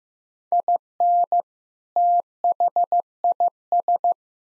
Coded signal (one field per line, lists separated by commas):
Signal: Morse code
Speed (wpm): 15 wpm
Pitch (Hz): 700 Hz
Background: none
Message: IN THIS